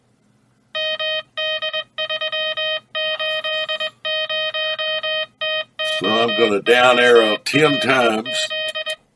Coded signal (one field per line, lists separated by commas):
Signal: Morse code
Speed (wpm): 20 wpm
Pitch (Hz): 3100 Hz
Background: speech, music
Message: MD380TOOLZ